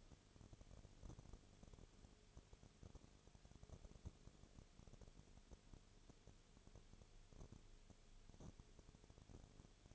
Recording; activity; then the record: daily activity, microphone in the room; no activity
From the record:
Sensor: 4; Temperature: 22.0 degrees Celsius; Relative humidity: 29.6%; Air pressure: 1002.1 hPa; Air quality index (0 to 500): 60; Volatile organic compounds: 1 ppm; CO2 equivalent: 611 ppm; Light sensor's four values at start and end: 2/3/1/1 and 2/3/1/1